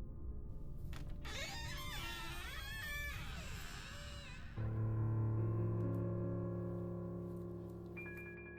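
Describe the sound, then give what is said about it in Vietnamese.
Door hinges creak as the half-closed door of a house swings open: a long, wavering, high-pitched squeal lasting a few seconds, followed by a steady low humming drone that fades slowly. “Tiếng bàn lề vang lên kéo kẹt, cánh cửa được Mạnh mở ra.”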